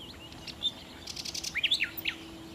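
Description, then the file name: Common nightingale singing a short, varied phrase of high swooping whistles and quick chirped notes. "Nachtigall"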